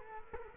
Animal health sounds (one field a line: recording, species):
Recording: mosquito wingbeat signal from an infrared sensor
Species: Culex quinquefasciatus